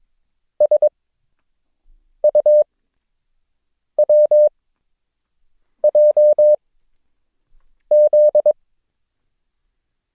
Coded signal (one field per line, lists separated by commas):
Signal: Morse code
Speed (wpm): 22 wpm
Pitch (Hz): 600 Hz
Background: none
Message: SUWJZ